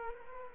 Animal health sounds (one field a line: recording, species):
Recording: mosquito wingbeat signal from an infrared sensor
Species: Culex quinquefasciatus